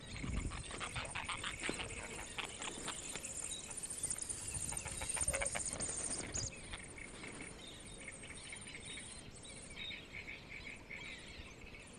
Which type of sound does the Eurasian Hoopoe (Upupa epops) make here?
call